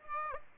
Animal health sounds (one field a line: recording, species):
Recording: mosquito wingbeat signal from an infrared sensor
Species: Aedes aegypti